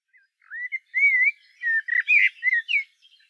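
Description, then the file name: Common blackbird song: a string of mellow, fluty warbled phrases lasting about two and a half seconds, ending in a few softer high twitters. "Turdus merula"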